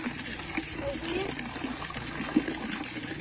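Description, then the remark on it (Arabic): Rainwater in Gaza trickles and splashes in a steady, hissing wash, with one brief louder splat partway through. Muffled voices murmur underneath. “الحمد لله يا جماعه انه الله سقانا من ماء المطر.”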